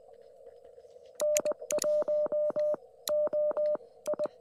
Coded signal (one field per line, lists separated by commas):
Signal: Morse code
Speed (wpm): 20 wpm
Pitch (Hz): 600 Hz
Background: none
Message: N1OI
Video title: Indiana CW at US-4178 with the QRP Labs QMX and 50W Amp!